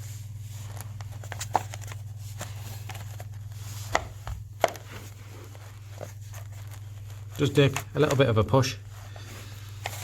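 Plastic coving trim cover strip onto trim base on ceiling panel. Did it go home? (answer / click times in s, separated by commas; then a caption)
yes / 9.9 s. A plastic cover strip of a two-part ceiling coving trim is pushed onto its base part on a ceiling panel while someone talks, with a few sharp taps and handling knocks along the way. The cover clicks into place on the base at 9.9 s and is seated.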